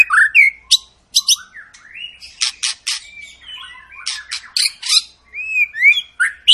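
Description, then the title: White-rumped shama song, a dense medley of sharp chips, scratchy bursts and rising whistled slurs, delivered almost without pause. Long lure song of an energetic, frequently singing bird, used to prompt other shamas to sing. "Pancingan Murai Batu Gacor Panjang"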